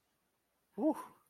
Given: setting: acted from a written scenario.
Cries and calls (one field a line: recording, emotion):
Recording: vocal sound without words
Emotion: neutral